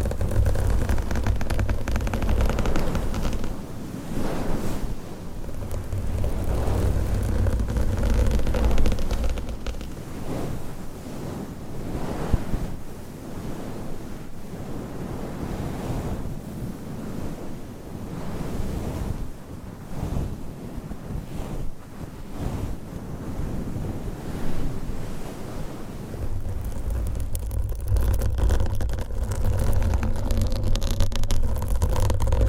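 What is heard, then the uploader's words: Long nails scratch and rub over a microphone cover in a dense, continuous rustle with frequent scraping strokes. The sound stays thick and low-heavy throughout, with a deeper rumbling texture in the opening seconds and again after about 27 seconds. ASMR Mic Scratching & Massage with XXL ULTRA LONG NAILS , Different Mic Covers & Mics No Talking.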